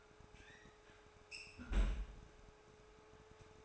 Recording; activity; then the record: daily activity, microphone in the room; close fridge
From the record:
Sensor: 2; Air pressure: 1004.4 hPa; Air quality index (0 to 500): 186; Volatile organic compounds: 10 ppm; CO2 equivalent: 2229 ppm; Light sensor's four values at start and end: 4/10/4/4 and 4/10/4/4